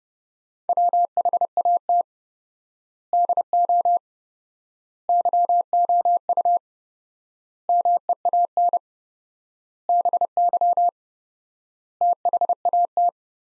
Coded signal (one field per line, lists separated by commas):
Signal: Morse code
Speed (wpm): 32 wpm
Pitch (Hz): 700 Hz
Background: none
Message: WHAT DO YOU MEAN BY THAT